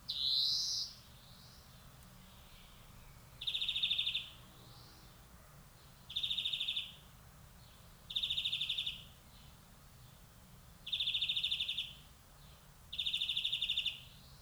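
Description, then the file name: European greenfinch: one rising wheezy note, then five short buzzy notes repeated every two to three seconds. "Chloris chloris"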